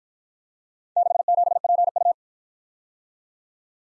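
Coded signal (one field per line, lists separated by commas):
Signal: Morse code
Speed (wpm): 53 wpm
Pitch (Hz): 700 Hz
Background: none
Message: 67PU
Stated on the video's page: Morse drill of four-character letter-number groups, sent fast at 45 wpm then slowing incrementally to a base speed, with a final repeat at maximum speed.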